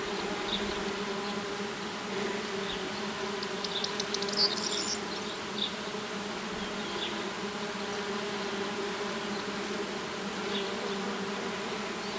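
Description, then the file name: Bee buzzing as a continuous, even drone throughout. Bees on phacelia flowers, 7 June 2021. "2021-06-07 phaselia-bienen"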